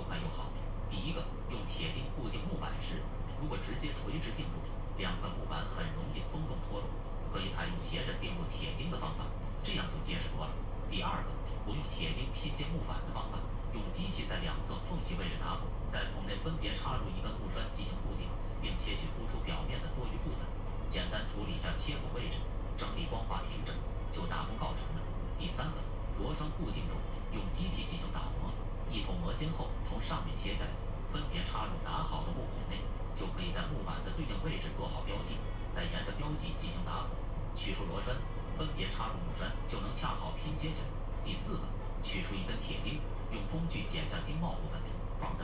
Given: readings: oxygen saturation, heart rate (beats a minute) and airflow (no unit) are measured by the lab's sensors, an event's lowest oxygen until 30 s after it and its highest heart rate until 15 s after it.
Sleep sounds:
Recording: a person awake in a sleep study, by a smartphone at the bedside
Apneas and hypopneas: none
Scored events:
0.00-45.44 s: awake
From the record:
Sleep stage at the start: awake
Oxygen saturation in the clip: 92 to 93%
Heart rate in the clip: 62 to 67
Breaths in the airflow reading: 14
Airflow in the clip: -6.9 to 5.7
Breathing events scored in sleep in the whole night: 476 in 9.7 hours asleep

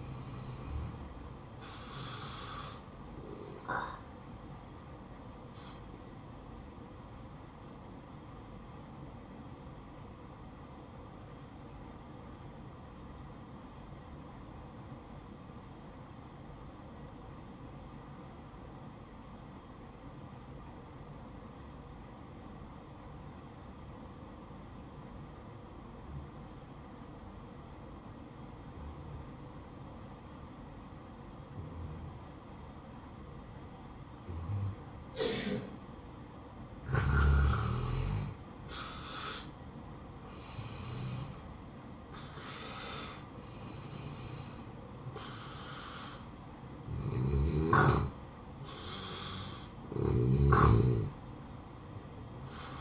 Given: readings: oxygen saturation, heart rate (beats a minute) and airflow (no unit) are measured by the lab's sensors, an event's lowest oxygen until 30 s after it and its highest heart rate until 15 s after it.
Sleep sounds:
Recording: breathing in sleep by a smartphone at the bedside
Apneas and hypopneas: 1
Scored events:
6.00-39.60 s: hypopnea (N1, oxygen 95% highest, then 85% lowest, heart rate 61 at the start, 68 highest)
19.00-49.00 s: new sleep stage, N2 (light sleep)
49.00-52.81 s: new sleep stage, N1 (lightest sleep)
From the record:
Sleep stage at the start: N1 (lightest sleep)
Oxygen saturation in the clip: 86 to 95%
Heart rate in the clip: 58 to 69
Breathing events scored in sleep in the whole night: 573 in 9.8 hours asleep

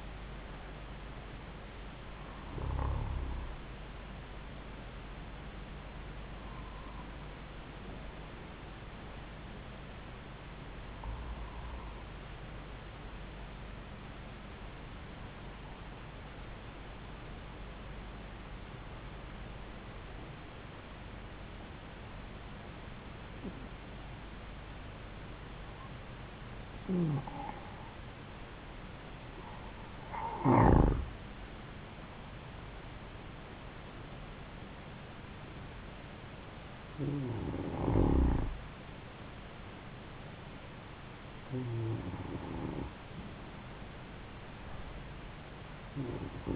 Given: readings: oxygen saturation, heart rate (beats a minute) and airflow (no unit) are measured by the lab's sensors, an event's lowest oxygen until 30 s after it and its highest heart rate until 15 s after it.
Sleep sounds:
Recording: breathing in sleep by a voice recorder at the bedside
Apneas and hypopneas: 1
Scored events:
13.00-32.90 s: hypopnea (N2, oxygen 94% highest, then 89% lowest, heart rate 74 at the start, 79 highest)
From the record:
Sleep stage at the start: N2 (light sleep)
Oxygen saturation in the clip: 90 to 94%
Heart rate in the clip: 72 to 79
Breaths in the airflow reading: 11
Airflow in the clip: -5.3 to 6.3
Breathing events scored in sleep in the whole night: 270 in 6.1 hours asleep

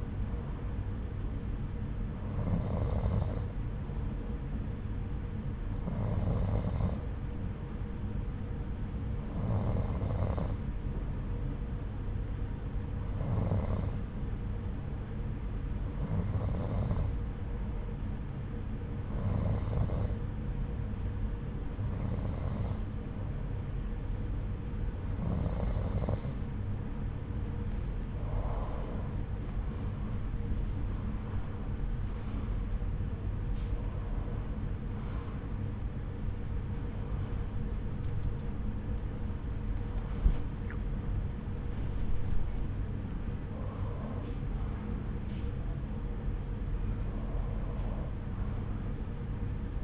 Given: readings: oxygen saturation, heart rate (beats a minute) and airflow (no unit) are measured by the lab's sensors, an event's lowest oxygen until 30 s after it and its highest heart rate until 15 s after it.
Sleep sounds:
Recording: breathing in sleep by a smartphone at the bedside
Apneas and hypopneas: 1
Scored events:
6.00-29.80 s: hypopnea (N2, oxygen 92% highest, then 91% lowest)
40.00-49.84 s: new sleep stage, N1 (lightest sleep)
From the record:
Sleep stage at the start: N2 (light sleep)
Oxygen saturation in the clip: 91 to 93%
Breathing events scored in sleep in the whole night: 303 in 8.1 hours asleep

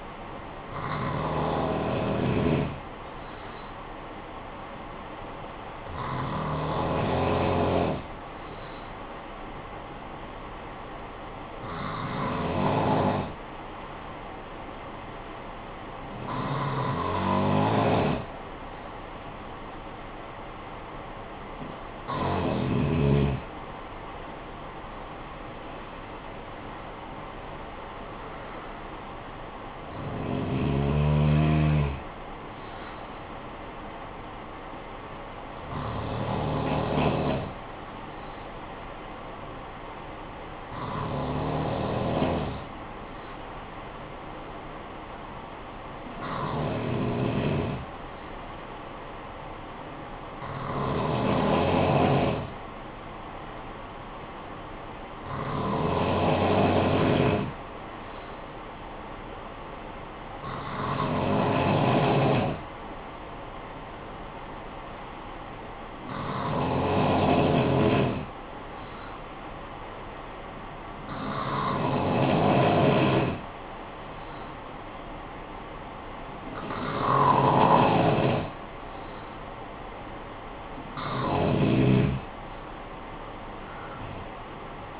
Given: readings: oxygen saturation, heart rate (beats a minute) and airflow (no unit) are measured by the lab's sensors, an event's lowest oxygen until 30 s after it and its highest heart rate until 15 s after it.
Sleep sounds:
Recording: breathing in sleep by a voice recorder at the bedside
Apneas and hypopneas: 2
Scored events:
5.00-24.20 s: hypopnea (N2, oxygen 94% highest, then 91% lowest, heart rate 56 at the start, 70 highest)
40.00-76.90 s: hypopnea (N2, oxygen 95% highest, then 91% lowest, heart rate 55 at the start, 67 highest)
From the record:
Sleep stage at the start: N2 (light sleep)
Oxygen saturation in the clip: 91 to 95%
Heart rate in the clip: 49 to 70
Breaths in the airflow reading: 18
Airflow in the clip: -9.7 to 9.0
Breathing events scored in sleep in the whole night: 445 in 7.6 hours asleep

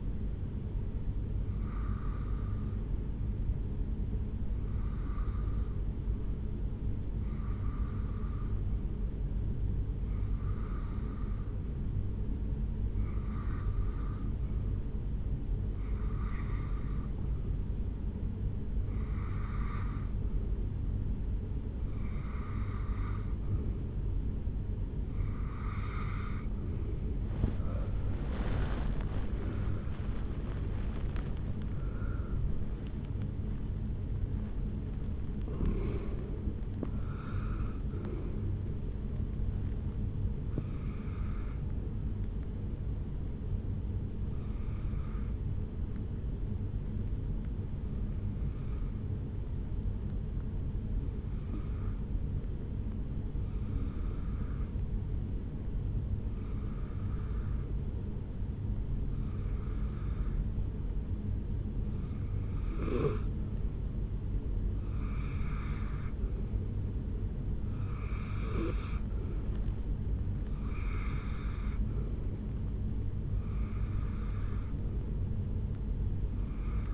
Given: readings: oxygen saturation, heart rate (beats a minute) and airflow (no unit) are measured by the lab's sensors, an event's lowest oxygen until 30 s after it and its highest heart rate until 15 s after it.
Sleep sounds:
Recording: breathing in sleep by a smartphone at the bedside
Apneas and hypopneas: 1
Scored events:
32.00-76.94 s: new sleep stage, N1 (lightest sleep)
47.00-68.90 s: hypopnea (N1, oxygen 97% highest, then 90% lowest, heart rate 64 at the start, 77 highest)
From the record:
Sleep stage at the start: REM sleep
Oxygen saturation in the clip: 82 to 97%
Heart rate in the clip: 63 to 81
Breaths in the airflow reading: 21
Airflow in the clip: -11.9 to 10.7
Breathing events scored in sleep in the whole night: 449 in 7.0 hours asleep

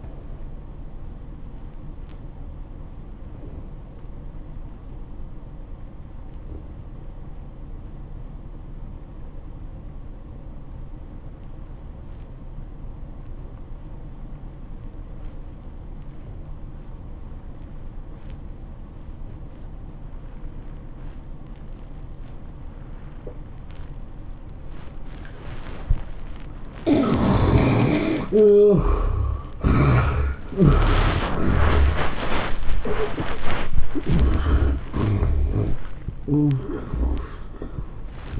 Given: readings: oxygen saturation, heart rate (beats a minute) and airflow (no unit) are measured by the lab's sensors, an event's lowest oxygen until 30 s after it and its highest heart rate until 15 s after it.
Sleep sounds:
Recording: breathing in sleep by a smartphone at the bedside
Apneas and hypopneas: 1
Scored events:
3.00-27.60 s: obstructive apnea (N2, oxygen 96% highest, then 76% lowest, heart rate 92 at the start, 115 highest)
28.00-38.40 s: new sleep stage, N1 (lightest sleep)
From the record:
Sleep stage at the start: N2 (light sleep)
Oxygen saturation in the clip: 72 to 96%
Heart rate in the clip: 79 to 114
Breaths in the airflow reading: 4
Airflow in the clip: -16.2 to 15.8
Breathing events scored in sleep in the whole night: 403 in 5.5 hours asleep

